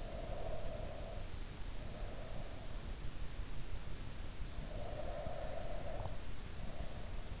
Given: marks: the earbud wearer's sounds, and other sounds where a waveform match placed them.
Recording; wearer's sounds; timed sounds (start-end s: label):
sounds in sleep by an in-ear microphone; breath
0.03-2.78 s: breath
4.38-7.40 s: breath